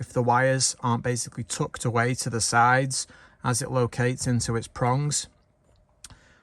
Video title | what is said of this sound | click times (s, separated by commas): 2023 CAMARO SS - CUSTOM MATTE CARBON FIBER STEERING WHEEL + INTERIOR SET! (ZL1 LT1) | so yeah airbag is snapped into place again | 6.0 s